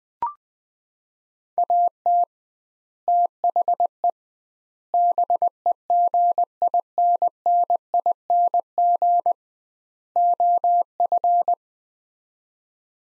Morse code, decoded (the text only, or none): AT THE BEGINNING OF